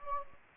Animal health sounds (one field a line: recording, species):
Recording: mosquito wingbeat signal from an infrared sensor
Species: Anopheles gambiae